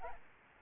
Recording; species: mosquito wingbeat signal from an infrared sensor; Aedes albopictus